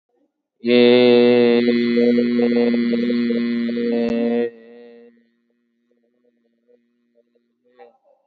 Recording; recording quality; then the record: sustained vowel as in made; excellent, no background noise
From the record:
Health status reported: COVID-19 positive, no symptoms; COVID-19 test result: positive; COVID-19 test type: RT-PCR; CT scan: taken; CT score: 7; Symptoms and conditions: none ticked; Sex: male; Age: 50 years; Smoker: no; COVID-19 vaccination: none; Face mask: worn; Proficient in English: yes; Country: India